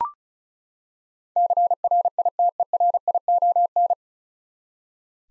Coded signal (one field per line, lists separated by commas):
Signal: Morse code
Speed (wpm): 36 wpm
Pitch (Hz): 700 Hz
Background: none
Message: CRITERION